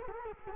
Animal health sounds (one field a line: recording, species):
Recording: mosquito wingbeat signal from an infrared sensor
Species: Culex quinquefasciatus